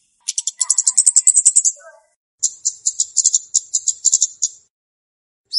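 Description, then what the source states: Flowerpecker song: a fast, high, ticking trill, with a few lower brief notes beneath, then a second long run of rapid, high ticks. Song used as a lure for trapping birds.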